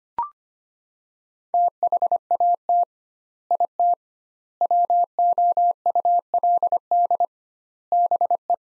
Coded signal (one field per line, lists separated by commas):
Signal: Morse code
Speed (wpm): 25 wpm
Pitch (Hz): 700 Hz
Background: none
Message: THAT IT WOULD BE